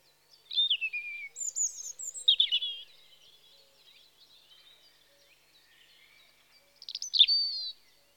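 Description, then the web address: European robin song: a falling whistled note, high thin squeaks, a warbled cluster, a quiet gap, then a final bright phrase. Spring. "BBC Sound Effects Library (Birds) Robin (Erithacus Rubecula) Spring"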